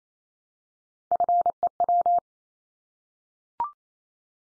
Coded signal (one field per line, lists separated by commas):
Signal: Morse code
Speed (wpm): 28 wpm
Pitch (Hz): 700 Hz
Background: none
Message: FEW